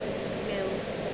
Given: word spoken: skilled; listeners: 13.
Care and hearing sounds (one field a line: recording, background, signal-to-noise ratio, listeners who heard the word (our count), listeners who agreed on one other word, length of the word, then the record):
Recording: one English word in noise, from a listening test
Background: speech-shaped noise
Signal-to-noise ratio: -4.4 dB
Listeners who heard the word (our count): 0 of 13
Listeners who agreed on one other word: 10 of 13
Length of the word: 0.74 s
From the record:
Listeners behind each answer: 10, 2, 1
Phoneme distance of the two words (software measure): 7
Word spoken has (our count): 1 syllable, 5 phonemes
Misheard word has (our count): 1 syllable, 4 phonemes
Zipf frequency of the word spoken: 3.95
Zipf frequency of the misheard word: 4.40